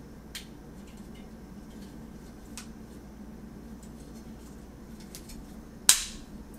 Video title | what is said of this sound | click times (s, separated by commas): MANTISX FIREARMS TRAINING SYSTEM - Review & Test | And and it pops right into place and the little tabs lock into place. | 5.9 s